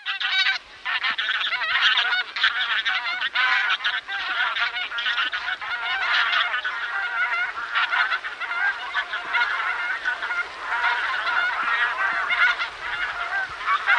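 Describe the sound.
Bean goose calls: a dense, continuous chorus of overlapping nasal honks from many geese, with only a brief pause near the start.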